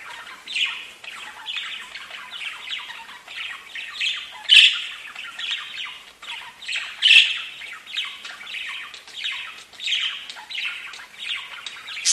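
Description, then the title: Budgerigar chatter, a constant warbling twitter of scratchy notes with two louder squawks in the middle. "Budgie Sounds"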